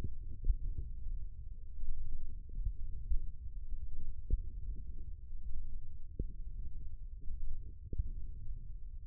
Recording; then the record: forearm muscle sounds (acoustic myography)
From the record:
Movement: wrist extension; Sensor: system 1, eight BSWA MPA416 microphones around the upper forearm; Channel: 3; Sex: male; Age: 20 years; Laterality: left